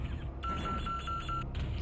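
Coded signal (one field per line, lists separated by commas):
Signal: none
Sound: game alert beeps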